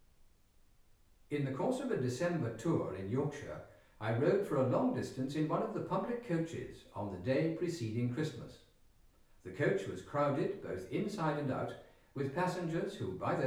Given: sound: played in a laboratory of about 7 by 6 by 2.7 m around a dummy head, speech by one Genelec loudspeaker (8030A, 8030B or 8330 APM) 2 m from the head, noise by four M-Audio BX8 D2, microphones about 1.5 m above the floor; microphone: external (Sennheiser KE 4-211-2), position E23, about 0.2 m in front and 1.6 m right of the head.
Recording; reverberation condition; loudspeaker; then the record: male speech in English; medium; 60 degrees to the left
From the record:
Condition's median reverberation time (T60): about 510 ms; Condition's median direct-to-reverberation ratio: about -0.5 dB